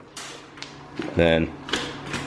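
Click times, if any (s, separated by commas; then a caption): 1.7 s. On a homemade go kart, the sequential gearbox shift lever is worked up into third gear, with short mechanical knocks and clacks along the way. At 1.7 s the shifter mechanism clicks into its detent and the gear is locked in. Someone talks.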